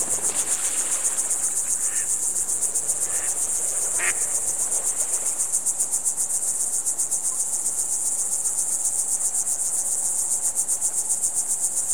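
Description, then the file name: Continuous fast cricket chirping, high and evenly pulsed, with a few soft other notes early on. "ducks frogs crickets"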